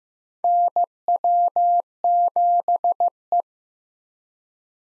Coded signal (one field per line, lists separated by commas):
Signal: Morse code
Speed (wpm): 15 wpm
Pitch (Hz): 700 Hz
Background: none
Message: NW7E